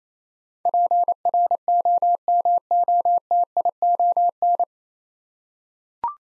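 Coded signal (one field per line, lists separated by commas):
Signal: Morse code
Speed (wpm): 28 wpm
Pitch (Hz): 700 Hz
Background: none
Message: PROMOTION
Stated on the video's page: Morse head-copy drill of nine-letter words at 28 wpm, each word sent, spoken, then sent again.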